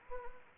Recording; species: mosquito wingbeat signal from an infrared sensor; Anopheles gambiae